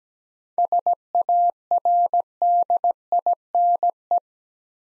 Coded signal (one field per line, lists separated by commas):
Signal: Morse code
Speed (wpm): 17 wpm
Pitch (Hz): 700 Hz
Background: none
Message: SARDINE